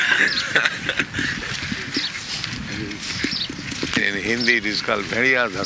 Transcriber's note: laughter